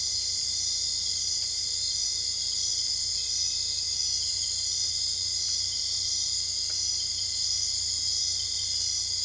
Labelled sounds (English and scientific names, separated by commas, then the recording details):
none
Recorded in dense forest near Puerto Asís, Putumayo, Colombia, on 22 December 2024 at 00:30
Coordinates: 0.485, -76.318
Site GP03